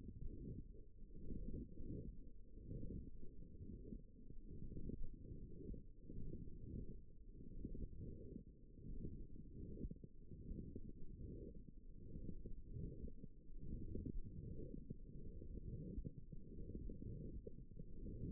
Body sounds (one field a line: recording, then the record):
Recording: forearm muscle sounds (acoustic myography)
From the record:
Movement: forearm supination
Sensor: system 1, eight BSWA MPA416 microphones around the upper forearm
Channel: 1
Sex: female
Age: 20 years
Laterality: right